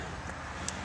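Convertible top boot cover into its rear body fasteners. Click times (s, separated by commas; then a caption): 0.7 s. A vinyl boot cover is fitted over a folded convertible top at the rear and clipped into its rear body fasteners. Against a steady low rumble, one sharp snap at 0.7 s marks the cover seating in place.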